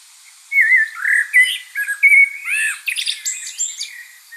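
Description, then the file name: Common blackbird song: mellow, slurred whistled notes in a rambling phrase, closing with thin, high squeaky twitters. "Turdus merula"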